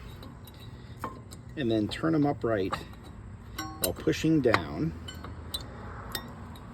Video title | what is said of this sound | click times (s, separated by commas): 2017 and up Ford F250 F350 Super Duty front or rear brake installation | they should pop into place and sometimes they'll hang up right here | none